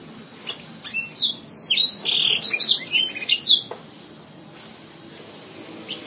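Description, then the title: Canary singing a short burst of quick, high, sweeping chirps for about three seconds, followed by near silence with one brief note. "Kenari"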